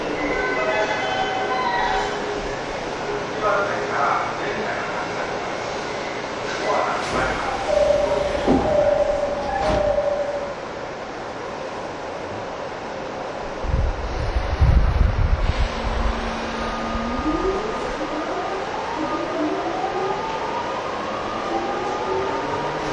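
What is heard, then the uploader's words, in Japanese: A steady low rumble of a rapid commuter train, with faint voices and a few sharp clunks around seven and ten seconds. After a heavy thumping burst near fifteen seconds, the motors start a rising, stepped whine as the train pulls away. TWR70-000形 埼京線快速01 新木場～赤羽。209系と同じオリジナルのインバータ音だった、TWR70-000形”埼京線快速”を収録したものです。収録年月:2010,06。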